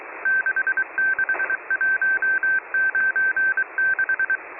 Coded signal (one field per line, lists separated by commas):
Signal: Morse code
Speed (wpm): 23 wpm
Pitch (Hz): 1550 Hz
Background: none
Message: 66196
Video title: Morse code heard on 4617.99 kHz